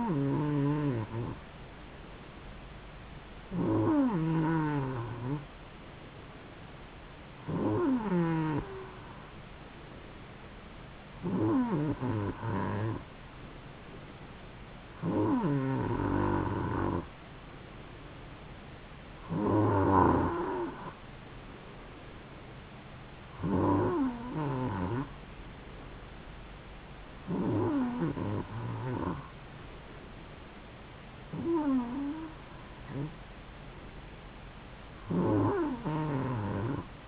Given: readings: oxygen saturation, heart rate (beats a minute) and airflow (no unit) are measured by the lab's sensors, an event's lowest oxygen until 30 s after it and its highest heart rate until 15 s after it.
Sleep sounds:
breathing in sleep by a voice recorder at the bedside; none
none scored
From the record:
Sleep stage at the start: N2 (light sleep); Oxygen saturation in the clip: 92 to 93%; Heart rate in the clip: 67 to 71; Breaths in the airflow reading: 10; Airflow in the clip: -3.1 to 3.1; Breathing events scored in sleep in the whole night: 270 in 6.1 hours asleep

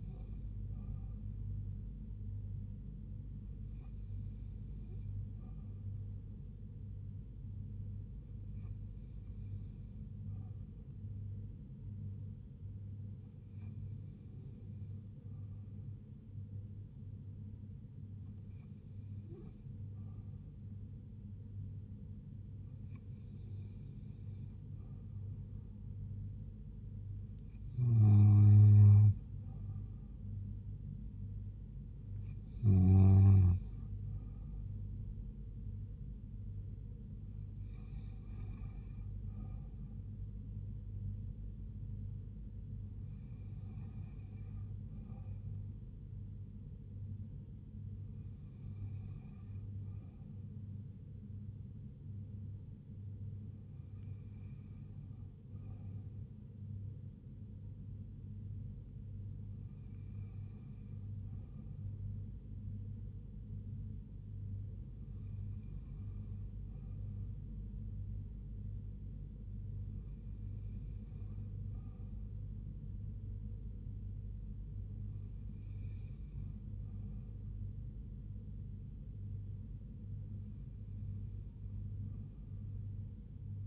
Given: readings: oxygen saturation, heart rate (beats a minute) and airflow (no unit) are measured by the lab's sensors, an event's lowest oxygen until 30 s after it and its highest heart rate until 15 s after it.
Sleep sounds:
breathing in sleep by a smartphone at the bedside; none
none scored
From the record:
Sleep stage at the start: N2 (light sleep); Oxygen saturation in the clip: 87 to 89%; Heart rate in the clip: 74 to 81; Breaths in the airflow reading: 17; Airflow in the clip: -3.7 to 3.0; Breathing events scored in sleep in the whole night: 158 in 7.3 hours asleep

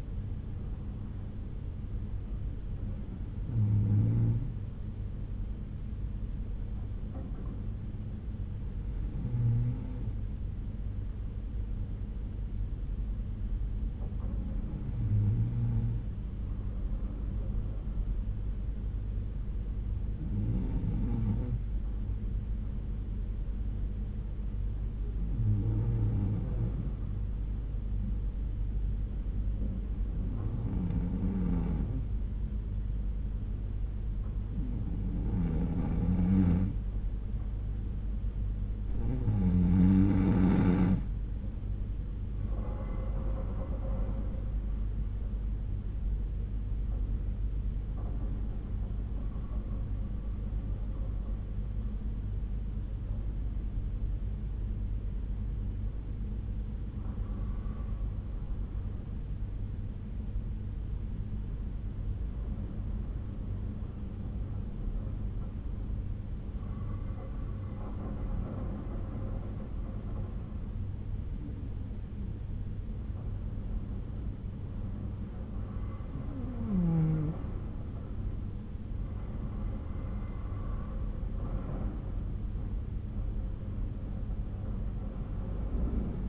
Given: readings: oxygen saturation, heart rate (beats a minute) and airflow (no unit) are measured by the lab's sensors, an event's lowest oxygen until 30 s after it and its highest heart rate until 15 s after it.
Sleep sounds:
breathing in sleep by a smartphone at the bedside; 2
11.00-39.30 s: hypopnea (N2, oxygen 95% highest, then 89% lowest, heart rate 62 at the start, 71 highest)
49.00-79.00 s: new sleep stage, N1 (lightest sleep)
63.00-79.60 s: hypopnea (N1, oxygen 96% highest, then 92% lowest, heart rate 61 at the start, 68 highest)
79.00-86.29 s: new sleep stage, N2 (light sleep)
From the record:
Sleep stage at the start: N2 (light sleep); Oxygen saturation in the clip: 89 to 96%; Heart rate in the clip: 61 to 71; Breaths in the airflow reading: 16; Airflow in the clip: -5.4 to 5.7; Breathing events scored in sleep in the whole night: 368 in 8.0 hours asleep

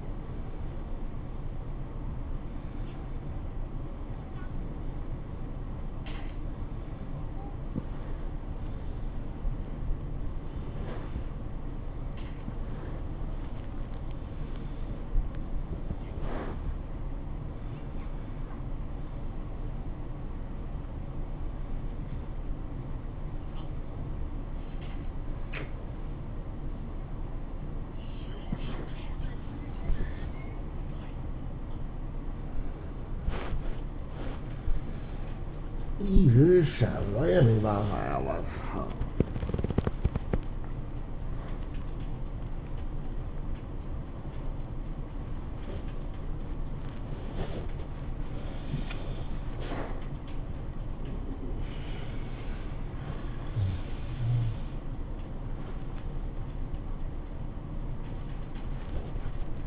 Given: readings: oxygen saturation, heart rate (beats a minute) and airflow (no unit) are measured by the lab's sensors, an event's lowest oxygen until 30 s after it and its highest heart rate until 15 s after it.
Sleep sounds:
a person awake in a sleep study, by a smartphone at the bedside; none
0.00-59.67 s: awake
From the record:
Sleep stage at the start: awake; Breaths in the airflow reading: 19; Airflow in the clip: -0.7 to 0.7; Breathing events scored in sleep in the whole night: 403 in 5.5 hours asleep

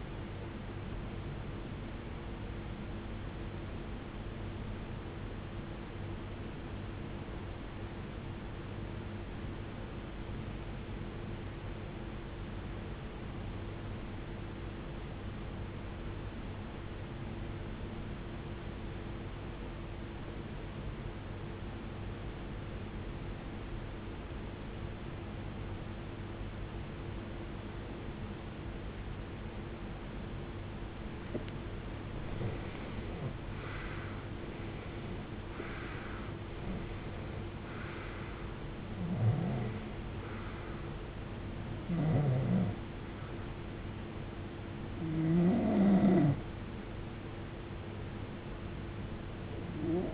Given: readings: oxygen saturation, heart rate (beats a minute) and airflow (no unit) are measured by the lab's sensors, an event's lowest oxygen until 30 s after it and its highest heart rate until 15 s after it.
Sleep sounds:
breathing in sleep by a voice recorder at the bedside; 1
5.00-33.90 s: obstructive apnea (REM, oxygen 92% highest, then 79% lowest, heart rate 57 at the start, 84 highest)
From the record:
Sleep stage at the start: REM sleep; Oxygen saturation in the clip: 80 to 92%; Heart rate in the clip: 45 to 84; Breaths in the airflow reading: 6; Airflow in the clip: -21.5 to 21.9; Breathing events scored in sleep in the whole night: 389 in 6.3 hours asleep

